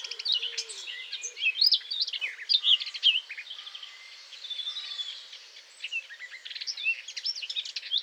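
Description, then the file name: Eurasian blackcap song, a lively, scratchy warble of quick high notes and brief whistles in bursts, with a faint low note early on. "Sylvia atricapilla"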